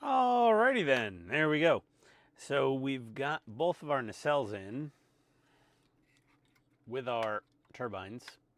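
Someone talks while handling model parts being fitted onto the engine nacelles and turbines of an Agora AH-64D Apache Longbow 1/24 diecast helicopter model, with quiet pauses between the speech. The clip ends before the part goes home, so nothing has seated or clicked yet.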